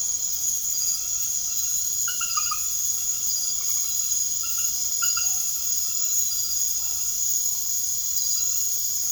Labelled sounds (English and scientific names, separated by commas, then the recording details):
none
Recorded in secondary vegetation near Puerto Asís, Putumayo, Colombia, on 21 March 2025 at 21:30
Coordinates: 0.489, -76.322
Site G042